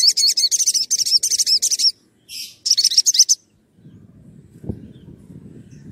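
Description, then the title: Oriental magpie-robin song: rapid, high, twittering phrases of repeated chattering notes for about two seconds, a brief pause, then another short burst, followed by low rustling background. Vigorous (gacor) whistling song used as a lure to provoke other magpie-robins into answering. "Pancingan Suara Siulan Kacer Gacor Mantap Untuk Memancing Kacer Lain Agar Mau Nyaut Bunyi"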